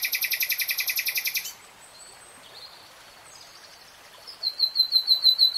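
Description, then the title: Nightingale song: a rapid pulsing trill, soft high whistles, then a loud repeated pulsing phrase at the end. "[Tiếng chim hót] 3 Hours REALTIME Nightingale Singing"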